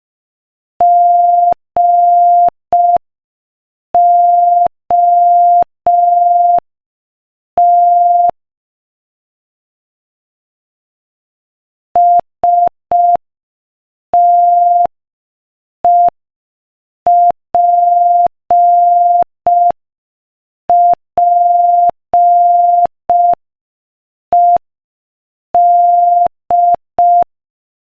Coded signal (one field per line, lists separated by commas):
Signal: Morse code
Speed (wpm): 5 wpm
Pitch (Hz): 700 Hz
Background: none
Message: GOT STEPPED